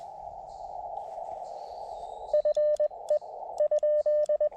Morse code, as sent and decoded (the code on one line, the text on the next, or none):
..-. . / ..--..
FE ?